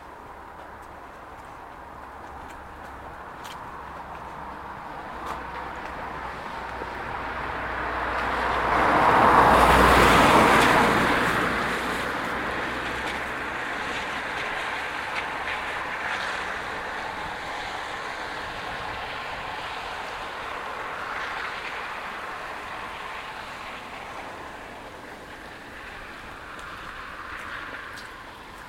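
A walk through Woodwell in Silverdale, with a steady soft hiss of outdoor air throughout. A vehicle swells up and passes, loudest around ten seconds, then slowly fades away. Faint scattered ticks and small sounds come and go in the background.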